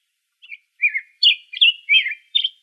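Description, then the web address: Black-headed grosbeak song: a brief phrase of six rich, slurred whistled notes. Arizona, 3 May 2005. "Grosbeaks Buntings BHGR"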